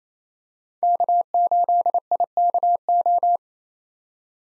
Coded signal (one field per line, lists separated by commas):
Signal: Morse code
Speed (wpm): 28 wpm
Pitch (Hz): 700 Hz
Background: none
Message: K8IKO